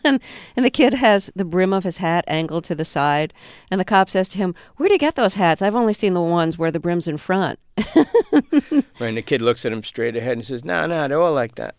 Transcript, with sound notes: And the kid has the brim of his hat angled to the side. And the cop says to him, where did you get those hats? I've only seen the ones where the brim's in front.
(Soundbite of laughter) Right, and the kid looks at him straight ahead and says, nah, nah, they're all like that.